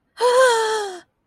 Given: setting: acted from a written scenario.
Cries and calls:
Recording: vocal sound without words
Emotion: negative surprise

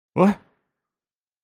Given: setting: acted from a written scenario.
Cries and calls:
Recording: vocal sound without words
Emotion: confusion

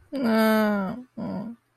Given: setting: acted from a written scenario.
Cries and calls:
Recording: vocal sound without words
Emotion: shame

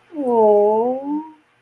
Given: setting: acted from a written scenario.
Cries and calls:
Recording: vocal sound without words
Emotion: sympathy

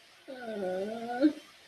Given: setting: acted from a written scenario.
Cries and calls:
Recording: vocal sound without words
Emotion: guilt

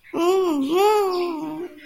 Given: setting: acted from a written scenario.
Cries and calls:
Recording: vocal sound without words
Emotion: distress

